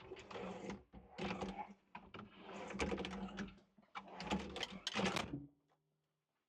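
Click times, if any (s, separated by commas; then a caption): none. Someone rolls up the front window/door of a mini excavator cab, heard as a string of scraping, rattling and sharp knocks as it fights against heavy tension. The knocks are not the up-position latch catching. The window does not lock in the raised position, and nothing has latched.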